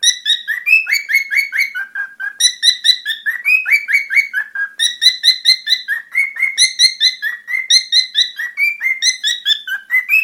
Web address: oiseaux un perroquet korella chanson